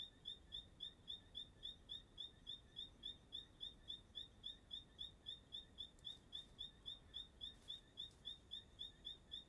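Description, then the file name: Bird giving a thin, high chirp over and over at a fast, even pace, roughly four per second, like a cricket, above low steady background noise. Singing at dusk in Chapada dos Veadeiros park; song described as sounding like a cricket. "Entardecer no Parque da Chapada dos Veadeiros com passaro cantando como um grilo"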